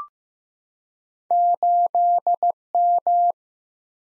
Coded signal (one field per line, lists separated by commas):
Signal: Morse code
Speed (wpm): 15 wpm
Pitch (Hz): 700 Hz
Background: none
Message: 8M